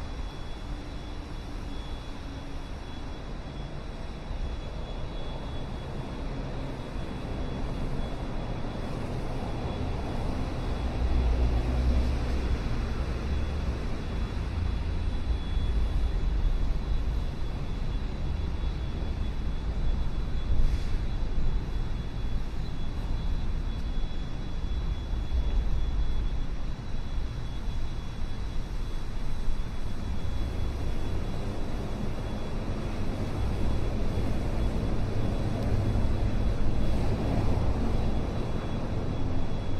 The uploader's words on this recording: River Walk at Sunrise, Binaural City Sounds. Morning walk in Downtown Chicago, Illinois during the morning sunrise. I'm visiting Chicago for a few weeks in Chicago and wanted to record this on a chill morning when the River Walk wouldn't be to overly crowded with people.